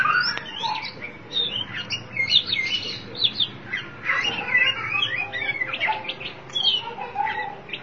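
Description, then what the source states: Oriental magpie-robin song with looping whistled notes, squeaky slurs and a few lower fluty tones, phrases coming in uneven bursts. Chirping song (kicauan) of the bird.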